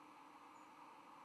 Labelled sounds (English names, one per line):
White-throated Sparrow flight call